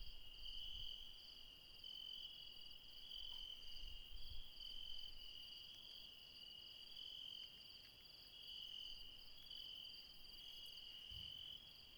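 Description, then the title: Insects chorusing at high pitch, a ringing trill pulsing in short repeated bursts over a steady drone, with occasional low thumps. Mountain insects calling late at night near Refuge Krevatia, Barbala, Dion, Greece. "Refuge Krevatia, Μπαρμπαλά, Dion 601 00, Greece - Late night mountain insects"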